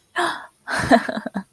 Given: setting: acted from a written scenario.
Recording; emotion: vocal sound without words; positive surprise